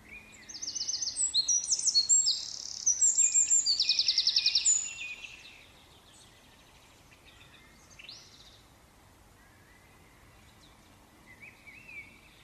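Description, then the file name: Eurasian wren song: a loud, rapid burst of high, shrill trills and twittering notes lasting about four seconds, followed by a few faint scattered chirps. "Troglodytes troglodytes"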